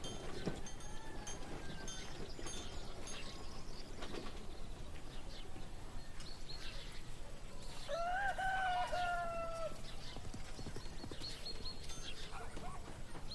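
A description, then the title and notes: Outdoors in a busy town, a horse cart clip-clops along steadily under a constant low rumble of activity and voices. Around the eighth second a bright, wavering call rises and falls, likely a farm animal, while scattered short clatters and faint bird notes come and go. Peaceful fantasy town in the morning. Birds singing, people in the town doing their work, horse carts and farm animals.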